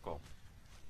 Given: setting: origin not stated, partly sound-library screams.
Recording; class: one-second piece from a danger detection set; normal situation